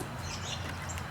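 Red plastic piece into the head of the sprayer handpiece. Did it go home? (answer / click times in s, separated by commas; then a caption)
yes / 1.0 s. A red plastic piece is pushed into the head of the plastic sprayer handpiece of a liquid repellent bottle. Over a steady low hum, a single short click at 0.98 s marks it snapping in and seating.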